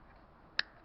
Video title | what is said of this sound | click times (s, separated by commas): kriega review | so that it just locks into place | 0.6 s